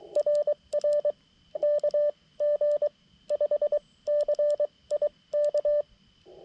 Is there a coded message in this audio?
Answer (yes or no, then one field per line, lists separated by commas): yes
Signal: Morse code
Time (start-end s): 0.2-5.8 s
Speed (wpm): 23 wpm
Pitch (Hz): 590 Hz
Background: none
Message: RR KG5CIK